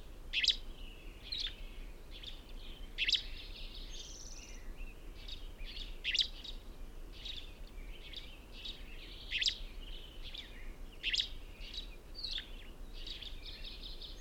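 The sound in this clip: Bird song: sharp chirps and warbled twittering bursts recurring every second or two over a steady faint hiss.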